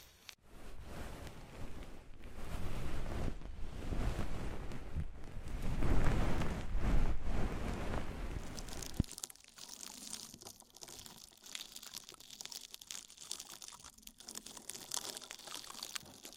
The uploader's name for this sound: Oil, Foam and Tingly Ear Massage